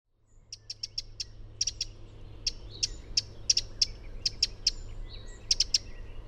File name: Troglodytes troglodytes